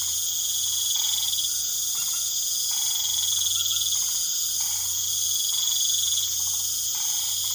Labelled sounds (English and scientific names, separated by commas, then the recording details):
none
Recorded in pastures near Puerto Asís, Putumayo, Colombia, on 21 March 2025 at 19:30
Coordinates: 0.487, -76.322
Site G077